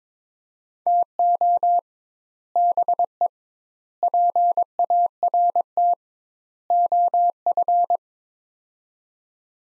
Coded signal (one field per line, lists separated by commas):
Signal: Morse code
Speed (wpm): 22 wpm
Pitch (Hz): 700 Hz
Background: none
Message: TO BE PART OF